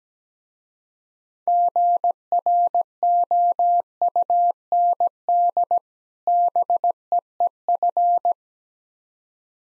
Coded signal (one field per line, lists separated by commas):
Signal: Morse code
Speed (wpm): 17 wpm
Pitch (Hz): 700 Hz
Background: none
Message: GROUND BEEF